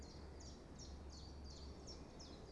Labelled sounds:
Common Chiffchaff
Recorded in Germany
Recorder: ecoPi

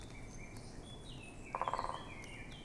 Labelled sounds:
Eurasian Blackcap
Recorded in Germany
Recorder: ecoPi

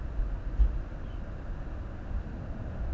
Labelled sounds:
Tawny Owl
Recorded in Germany
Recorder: ecoPi

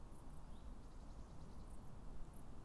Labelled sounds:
Eurasian Blue Tit
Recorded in Germany
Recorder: ecoPi

